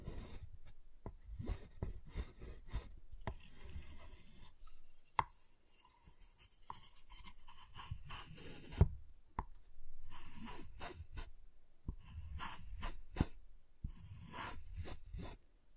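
Tapping, scraping and cutting on a giant chocolate bar, with frequent short clicks and rasping strokes throughout. A sharp snap stands out near nine seconds, and another crisp crack comes around five seconds. Low thumps of handling sit underneath the whole time.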